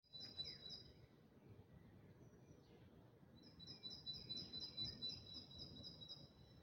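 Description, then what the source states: Birds in a dawn chorus: high, thin chirping notes repeated in quick bursts over a steady low rumble of background noise. Dawn chorus recorded in 2024.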